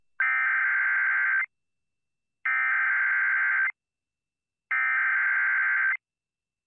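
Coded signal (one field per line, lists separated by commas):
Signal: Emergency Alert System (SAME) tones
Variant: header bursts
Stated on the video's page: Tornado alerts carried by an AM broadcast station.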